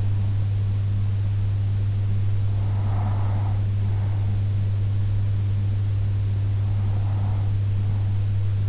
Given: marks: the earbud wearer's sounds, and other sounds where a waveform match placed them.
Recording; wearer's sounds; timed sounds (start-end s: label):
sounds in sleep by an in-ear microphone; breath
2.69-4.69 s: breath
6.69-8.69 s: breath